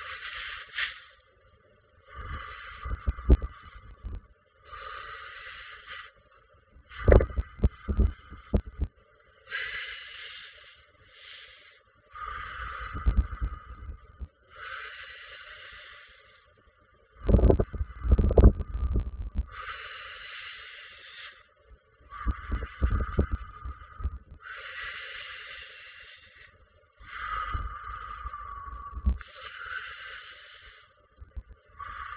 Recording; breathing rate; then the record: paced breathing near a phone; 12 breaths a minute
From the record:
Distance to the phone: 20 cm